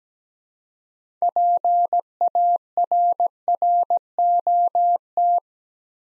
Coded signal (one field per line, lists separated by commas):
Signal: Morse code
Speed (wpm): 17 wpm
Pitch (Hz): 700 Hz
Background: none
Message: PARROT